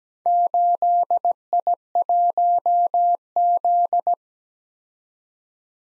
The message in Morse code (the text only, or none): 8I1Z